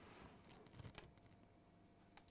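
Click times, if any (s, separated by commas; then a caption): 1.0 s. An arm or part of a resin Mad Max bust model is pushed into its socket on the bust body with no glue. After a few faint taps, a sharp click at 1.0 s marks it snapping into place, and two softer ticks follow near 2.2 and 2.3 s. The part seats straight in.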